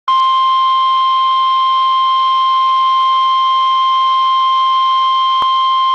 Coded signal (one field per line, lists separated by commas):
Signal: Emergency Alert System (SAME) tones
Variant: 1050 Hz attention tone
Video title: Coastal Flood Warning for DC, Anne Arundel and Baltimore Counties {EAS#310}